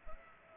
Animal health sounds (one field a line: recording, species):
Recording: mosquito wingbeat signal from an infrared sensor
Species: Culex pipiens